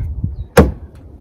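The plastic locking clip of a wiper blade is snapped down over the wiper arm, giving a sharp, loud click at 0.6 s, with faint softer knocks around it. The clip clicks down and the blade is seated on the arm.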